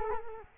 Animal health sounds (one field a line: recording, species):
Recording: mosquito wingbeat signal from an infrared sensor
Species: Culex quinquefasciatus